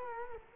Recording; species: mosquito wingbeat signal from an infrared sensor; Culex quinquefasciatus